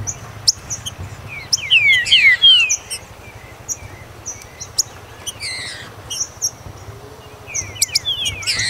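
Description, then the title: Green-winged saltator song: a short run of bright downslurred whistles early on, then scattered high chips and more slurred notes near the end. "Trinca Ferro"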